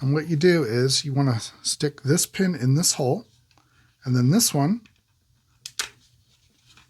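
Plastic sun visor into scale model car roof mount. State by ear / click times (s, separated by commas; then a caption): seated / 5.7 s, 5.8 s. Someone talks while fitting a plastic sun visor into the roof mount of a 1:8 scale Agora Models Lotus Esprit 'Wet Nellie' model car, putting its pin into the mounting hole and pressing the other end. After a pause, two sharp plastic clicks at 5.7 s and 5.8 s mark the visor snapping into place, seated in its mount.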